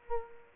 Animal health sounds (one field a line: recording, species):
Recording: mosquito wingbeat signal from an infrared sensor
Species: Culex quinquefasciatus